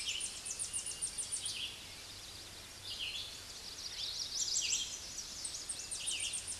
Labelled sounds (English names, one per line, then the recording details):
Red-eyed Vireo song
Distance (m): 20 m
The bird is about 20 m above the microphone
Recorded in a Pennsylvania forest on 16 May 2024 at 06:41
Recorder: AudioMoth, point MSD-0079
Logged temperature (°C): 16.1 °C
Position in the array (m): 164 m, 73 m